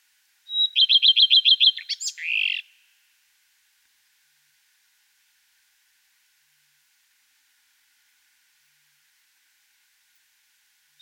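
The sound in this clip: Common redstart song: one clear high note, then a fast run of repeated chirping notes and a brief scratchy ending, followed by long silence.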